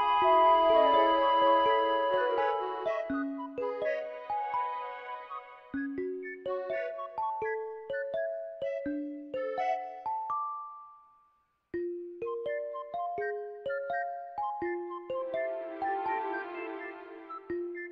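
Soundtrack music of clear, bell-like plucked notes, each ringing briefly before fading. A fuller chord opens the piece, then a rising and falling melody steps along at an even pace. The music drops to silence near 11 seconds, resumes at 12 seconds, and thickens again around 16 seconds.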